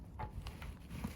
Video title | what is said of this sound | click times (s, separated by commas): Ducati XDiavel S Carbon | All right, you can hear it click, and then just pull it out, put your gas in there, | 0.5 s